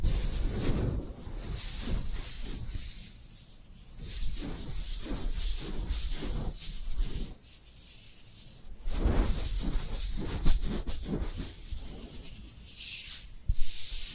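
Dry hands rub and brush against each other in uneven strokes, a soft hissing friction with a low rumbling undertone. Louder scrapes come around 0–1, 4, 8–9 and near 13–14 seconds, with quieter, slower rubbing between them.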